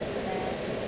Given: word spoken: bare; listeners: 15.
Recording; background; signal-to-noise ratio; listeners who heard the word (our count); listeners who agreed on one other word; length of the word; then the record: one English word in noise, from a listening test; speech-shaped noise; -5.4 dB; 1 of 15; 6 of 15; 0.48 s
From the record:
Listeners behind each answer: 6, 2, 2, 1, 1, 1, 1, 1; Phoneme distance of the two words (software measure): 10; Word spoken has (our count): 1 syllable, 2 phonemes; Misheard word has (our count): 1 syllable, 2 phonemes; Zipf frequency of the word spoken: 4.04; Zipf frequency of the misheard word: 6.72